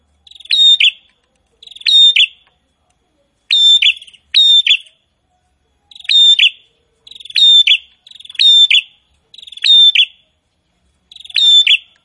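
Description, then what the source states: Prinia song: clear, ringing, buzzy phrases ending in sharp chips, given singly or in quick pairs about every second. Prinia singing prolifically ('gacor').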